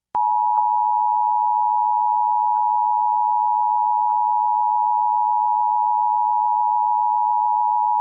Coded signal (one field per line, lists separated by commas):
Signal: Emergency Alert System (SAME) tones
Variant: 853 and 960 Hz attention tone